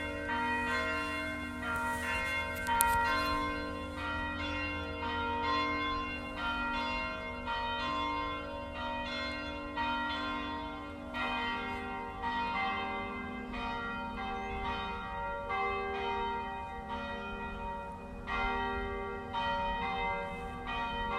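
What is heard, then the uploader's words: Saint Meinrad Archabbey's monastery bells peal in a steady, dense stream of overlapping strikes, bright tones ringing over a low sustained hum. Saint Meinrad Archabbey Monastery Bells.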